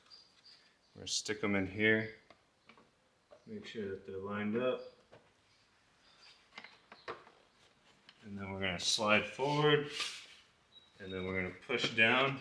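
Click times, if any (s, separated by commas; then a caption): none. Someone talks while a plastic hood piece with small tabs is lined up on the front fender and headlight area of a TRX450R ATV during a new headlight install, before it is slid forward and pushed down. Only small, quiet handling taps are heard between the speech, around 2.3, 2.7, 6.6, 6.9 and 8.1 seconds. Nothing has seated or clicked yet.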